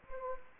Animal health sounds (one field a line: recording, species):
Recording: mosquito wingbeat signal from an infrared sensor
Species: Anopheles gambiae